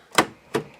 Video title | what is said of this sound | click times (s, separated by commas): Install Aftermarket Speakers in 07-13 GM Truck - No Adapters Needed! | it's locked into place. | 0.2 s